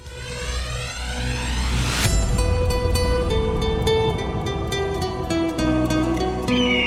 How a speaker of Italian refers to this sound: Fatemi fare un lancio di una trasmissione nuova, perché da lunedì alle 15.30, tutti i giorni, per un'ora, da lunedì al venerdì, il debutto radiofonico di... Beh, io direi che ci possiamo anche ascoltare insieme la sigla in anteprima, eccola.